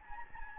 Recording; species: mosquito wingbeat signal from an infrared sensor; Anopheles gambiae